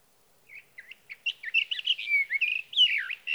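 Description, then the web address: Sage thrasher song, a run of rapid warbled phrases that grows louder and denser, with slurred whistles over about three seconds. "birdsongforthecurious Sage Thrasher"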